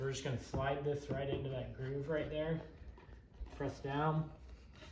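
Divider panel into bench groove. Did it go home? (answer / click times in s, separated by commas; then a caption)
no / none. Someone talks while a bench divider panel is slid into its labeled groove in the bench and pressed down. Faint handling noise sits under the voice, and nothing has seated or clicked yet.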